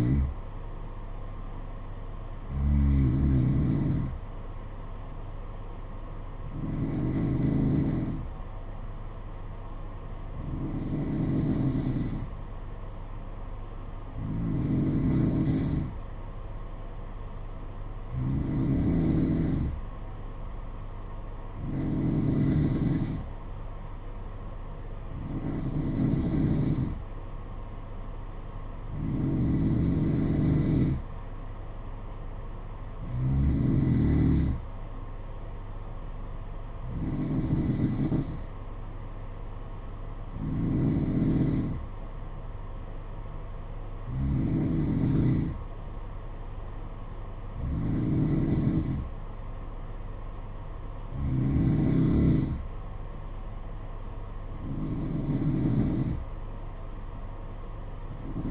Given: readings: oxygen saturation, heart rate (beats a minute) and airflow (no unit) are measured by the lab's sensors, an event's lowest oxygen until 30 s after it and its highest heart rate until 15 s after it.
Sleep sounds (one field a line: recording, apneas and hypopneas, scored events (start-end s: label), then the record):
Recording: breathing in sleep by a smartphone at the bedside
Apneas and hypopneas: none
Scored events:
none scored
From the record:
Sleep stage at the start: N2 (light sleep)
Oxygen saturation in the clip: 91 to 92%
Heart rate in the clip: 61 to 67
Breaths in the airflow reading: 16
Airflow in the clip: -7.9 to 4.0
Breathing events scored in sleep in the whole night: 476 in 9.7 hours asleep